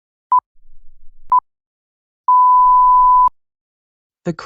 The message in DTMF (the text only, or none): none